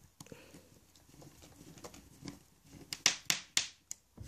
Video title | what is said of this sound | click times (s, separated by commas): Changer écran LED, vitre LCD et châssis - Samsung Galaxy S3 et S4 (Bloc complet) | dès que vous entendez les petits clacque claac c'est tout simplement que vous avez bien enfoncé la vis donc pas besoin de d'y | 2.9 s, 3.1 s, 3.3 s, 3.6 s, 3.9 s